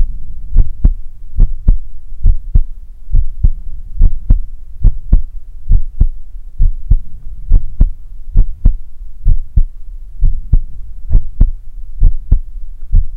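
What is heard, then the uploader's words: A heartbeat thumps steadily in the classic lub-dub pattern, each pair of beats arriving about every 0.8 seconds, roughly seventy-five per minute. The beats are deep, with short sharp tops, over a low, continuous rumble underneath. Heartbeat.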